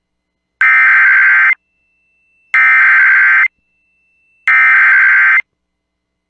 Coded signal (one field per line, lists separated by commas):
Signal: Emergency Alert System (SAME) tones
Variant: header bursts